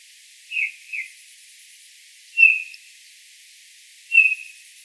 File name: Pyrrhula pyrrhula